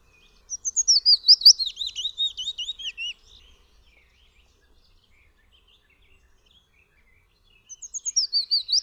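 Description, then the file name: Willow warbler singing a gentle descending cascade of clear whistled notes, a pause of several seconds, then the next phrase starting high. "Piecuszek"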